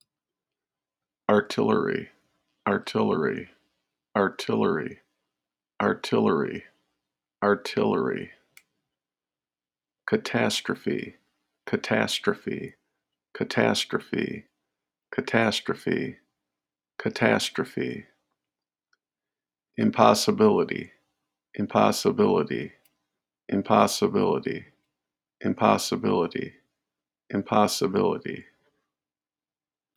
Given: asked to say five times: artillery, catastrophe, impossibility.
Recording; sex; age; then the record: three words, each repeated; male; 50 to 59 years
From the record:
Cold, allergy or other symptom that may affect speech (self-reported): no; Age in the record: 57 years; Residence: Michigan, United States